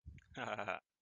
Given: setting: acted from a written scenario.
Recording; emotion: vocal sound without words; amusement